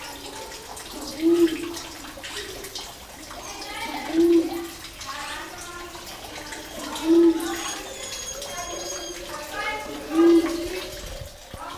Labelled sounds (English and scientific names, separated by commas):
Sulawesi Ground Dove (Gallicolumba tristigmata) call